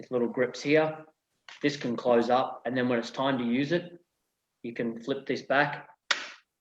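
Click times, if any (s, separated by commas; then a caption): 6.1 s. Someone talks while flipping back the folding handle of a plastic lotion applicator. A short, sharp snap at 6.1 s marks the handle's clip locking it open in place.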